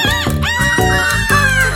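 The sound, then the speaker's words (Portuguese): A loud rooster crow, drawn out in several rising and falling segments, sounds over steady background music. “E o senhor galo.”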